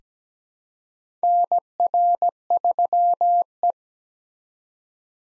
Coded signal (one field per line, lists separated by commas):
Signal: Morse code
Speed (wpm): 17 wpm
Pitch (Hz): 700 Hz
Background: none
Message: NR3E